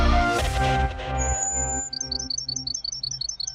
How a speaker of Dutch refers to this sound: Zo, dat doet pijn in je oren. Maar je hoort hier de, godsamme, Bachmans mus.